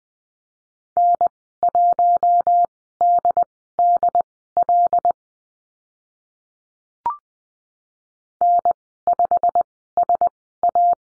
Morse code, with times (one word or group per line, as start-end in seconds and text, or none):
1.0-5.1 N1DDL
8.4-10.9 N5SA